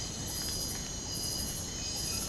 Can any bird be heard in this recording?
no